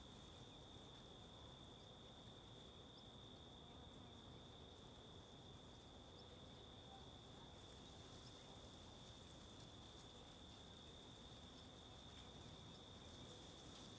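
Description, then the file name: Crickets keep up a sustained, even high trill over a steady background of buffeting wind. Several crickets recorded as ambience at the Mirante da Antena lookout, Alto Paraíso, with wind. "Ambiencia no Mirante da Antena de Alto Paraiso com Varios Grilos e Vento"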